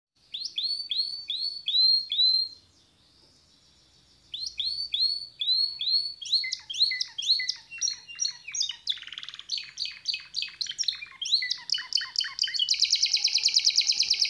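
Bird singing in quick series of high downslurred chirps, pausing, then a faster chattering run of varied notes ending in a buzzy trill.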